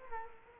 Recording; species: mosquito wingbeat signal from an infrared sensor; Culex quinquefasciatus